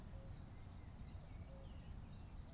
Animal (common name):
Common Chiffchaff